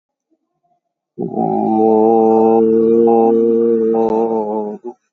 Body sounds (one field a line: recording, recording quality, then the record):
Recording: sustained vowel as in boot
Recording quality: excellent, no background noise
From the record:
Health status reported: COVID-19 positive, moderate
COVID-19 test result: positive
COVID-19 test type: RT-PCR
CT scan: taken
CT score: 13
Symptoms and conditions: cough, cold, breathing difficulty, sore throat, fatigue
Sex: male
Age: 48 years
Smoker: no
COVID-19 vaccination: none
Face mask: worn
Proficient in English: yes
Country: India